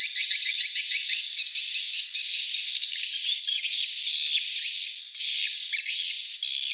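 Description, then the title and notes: Swiftlets chattering behind a thin, high whistled tone that comes in regular bursts, each under a second, separated by short gaps. Swiftlet house lure sound of the AKAU brand, Tien Giang, Vietnam. "Am thanh nha yen Akau Vietnam - Tien giang. Những âm thanh chim yến thuộc thương hiệu AKAU"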